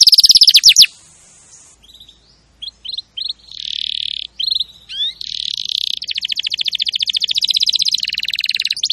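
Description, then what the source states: Canary song: a fast descending trill, then a pause, scattered short chirps and rising notes, ending in a long rapid buzzy rolling trill. Champion canary song, used for training other canaries.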